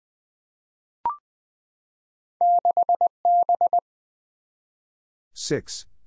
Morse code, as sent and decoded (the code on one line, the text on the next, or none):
-.... -...
6B